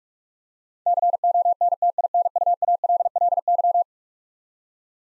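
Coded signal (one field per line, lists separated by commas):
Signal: Morse code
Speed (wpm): 45 wpm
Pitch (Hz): 700 Hz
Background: none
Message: CONTINUALLY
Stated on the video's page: Head-copy drill of eleven-letter words sent at 45 wpm, each word sent, then spoken, then sent again.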